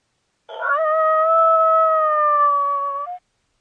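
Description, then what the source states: Coyote howling, one sustained note lasting nearly three seconds, rough at the onset and lifting briefly at the very end. Call associated with mating.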